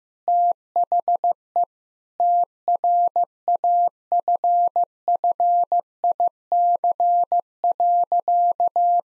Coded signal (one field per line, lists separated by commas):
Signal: Morse code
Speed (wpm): 16 wpm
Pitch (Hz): 700 Hz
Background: none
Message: THE TRAFFIC.